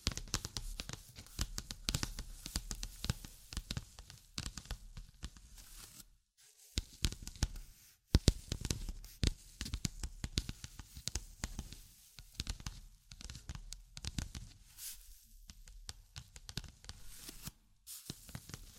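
Tapping, scratching and tracing sounds form a dense stream of crisp clicks and rough scrapes, with brief silent gaps near 6, 8 and 18 seconds.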